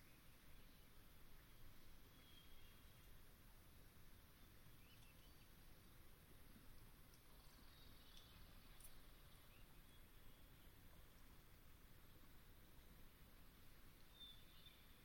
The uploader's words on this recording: Long Swamp, Dusk. The air was still as I sat down to record; the temperature a chill 60ºF/ 15.5ºC, and the moon was expected to be full. I could hear distinct non-song vocalization from Swainson’s Thrushes.